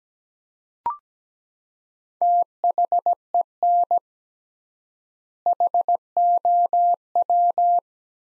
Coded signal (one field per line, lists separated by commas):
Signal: Morse code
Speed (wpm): 17 wpm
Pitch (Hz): 700 Hz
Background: none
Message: THEN HOW